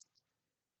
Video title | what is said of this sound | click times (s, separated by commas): Chuck's Reviews Transformers Legacy United Bouldercrash | and that will snap into place and there's a egg right here | 0.0 s